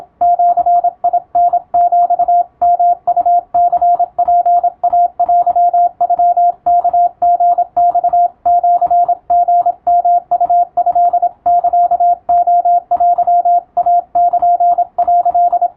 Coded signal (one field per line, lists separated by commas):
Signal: Morse code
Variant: Japanese Wabun code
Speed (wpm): 26 wpm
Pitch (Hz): 700 Hz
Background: radio noise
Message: ジタヒヨウニツイテノワリマシリヨウトサレテイル」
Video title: 毎日聴いて2023GWにマスターしよう！和文モールス信号！通信士国家試験の無線電報形式、設定で速度を調整して受信練習を始めよう(morse code practice radio operator )